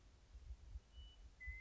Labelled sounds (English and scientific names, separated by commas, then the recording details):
Western Meadowlark (Sturnella neglecta)
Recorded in Sonoma County, California